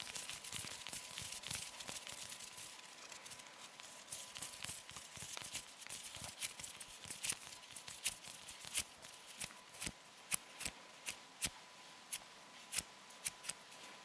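Hand sounds: a dense rustle of fingers rubbing and fluttering in the first half, then thinning into separate sharp crisp flicks and plucks roughly every half second toward the end. The sounds are bright and dry, with a faint steady tone underneath throughout.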